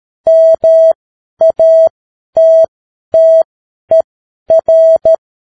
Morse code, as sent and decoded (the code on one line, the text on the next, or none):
-- .- - - . .-.
MATTER